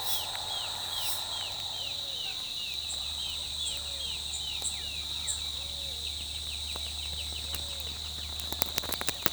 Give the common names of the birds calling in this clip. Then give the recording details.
Black-chested Jay. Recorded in forest near Pivijay, Magdalena, Colombia, on 14 April 2023 at 07:00. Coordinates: 10.467, -74.380. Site Z5-G034